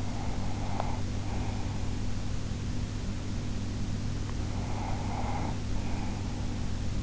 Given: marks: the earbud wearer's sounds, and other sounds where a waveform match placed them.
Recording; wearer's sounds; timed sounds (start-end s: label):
sounds in sleep by an in-ear microphone; breath
0.00-2.45 s: breath
4.52-6.75 s: breath